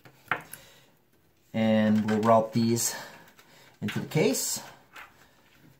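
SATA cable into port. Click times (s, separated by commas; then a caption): 0.3 s. The bottom SATA cable is pushed into its port the same way as the one before, giving a sharp click at 0.3 s as it seats, with a couple of fainter taps around it. After a pause, someone talks.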